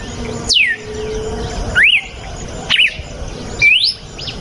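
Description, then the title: Red-cowled cardinal song: loud clear whistled phrases, one sharply falling, others rising or looping, spaced about a second apart. Female; natural song. "Canto Galo Campina Fêmea. GALO DE CAMPINA CANTO NATURAL. galo de campina cantando. canto de galo de campina"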